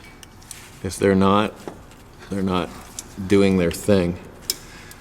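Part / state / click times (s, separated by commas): snap ring into the groove on the AC compressor clutch / seated / 4.5 s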